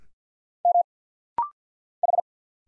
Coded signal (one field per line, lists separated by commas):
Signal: Morse code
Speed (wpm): 50 wpm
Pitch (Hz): 700 Hz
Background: none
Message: M H